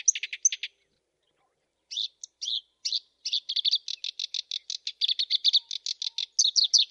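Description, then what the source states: Black-browed reed warbler singing: a short scratchy burst, a second's silence, then a lengthening run of rapid, grating repeated notes that speeds into a steady chatter. Masteran training recording.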